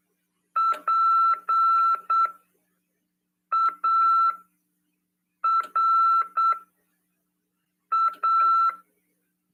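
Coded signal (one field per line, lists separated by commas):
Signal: Morse code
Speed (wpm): 8 wpm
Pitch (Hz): 1340 Hz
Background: none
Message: PARA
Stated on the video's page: Morse code (CW) class lesson 47 for amateur radio.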